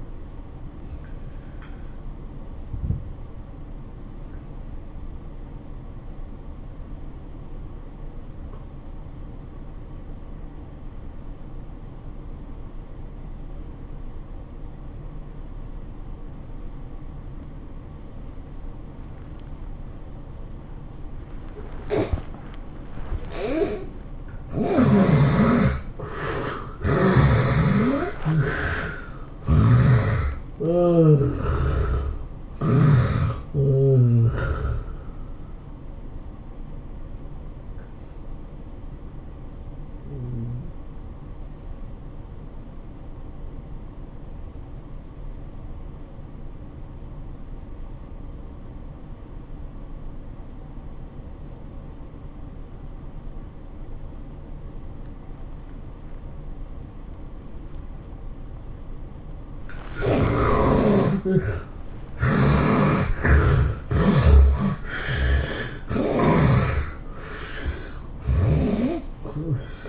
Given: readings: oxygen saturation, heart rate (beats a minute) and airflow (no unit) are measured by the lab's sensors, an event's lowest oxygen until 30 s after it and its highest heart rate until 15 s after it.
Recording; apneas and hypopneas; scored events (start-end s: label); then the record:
breathing in sleep by a smartphone at the bedside; 2
4.00-26.30 s: obstructive apnea (N2, oxygen 92% highest, then 68% lowest, heart rate 92 at the start, 108 highest)
43.00-62.70 s: obstructive apnea (N2, oxygen 96% highest, then 70% lowest, heart rate 90 at the start, 110 highest)
63.00-69.89 s: new sleep stage, N1 (lightest sleep)
From the record:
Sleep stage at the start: N2 (light sleep); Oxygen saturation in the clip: 68 to 96%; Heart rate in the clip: 76 to 108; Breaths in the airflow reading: 11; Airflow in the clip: -13.6 to 12.6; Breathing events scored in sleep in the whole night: 403 in 5.5 hours asleep